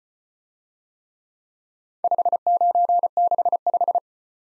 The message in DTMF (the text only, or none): none